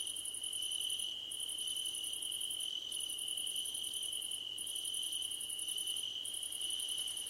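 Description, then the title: Continuous cricket trilling with a steady tone beneath and a higher pulsing trill that stops briefly every second or two before resuming. Crickets calling at night under a starlit sky. "Nighttime Ambience with Crickets 🌃"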